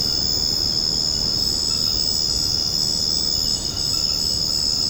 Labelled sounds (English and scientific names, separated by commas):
none